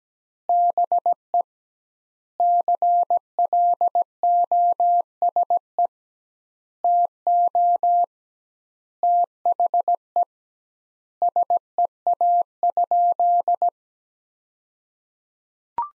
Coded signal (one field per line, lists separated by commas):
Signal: Morse code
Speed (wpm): 17 wpm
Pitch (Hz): 700 Hz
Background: none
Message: BE CLOSE TO THE SEA?